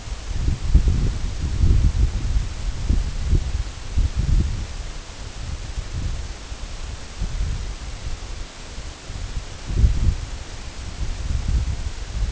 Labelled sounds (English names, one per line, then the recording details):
none
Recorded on Arctic tundra, site EABA-1, on 23 June 2018
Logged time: 22:00